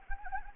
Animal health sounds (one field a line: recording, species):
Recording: mosquito wingbeat signal from an infrared sensor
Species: Anopheles arabiensis